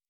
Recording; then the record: hydrophone in a shrimp aquaculture tank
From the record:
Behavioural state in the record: normal